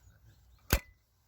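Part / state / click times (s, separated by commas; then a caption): folding handle on a camping food container / seated / 0.7 s. A folding metal handle on the lid of a camping bento mess tin is swung out until it locks in its open position. One sharp click rings out at 0.7 s against faint background hiss. The handle is then locked in place.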